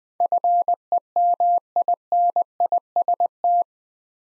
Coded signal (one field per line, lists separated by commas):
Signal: Morse code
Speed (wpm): 20 wpm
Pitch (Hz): 700 Hz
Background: none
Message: FEMINIST